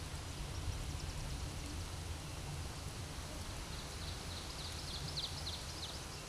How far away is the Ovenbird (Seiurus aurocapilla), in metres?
about 105 m